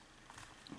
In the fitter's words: c'est clipsé vous voyez c'est très rapide et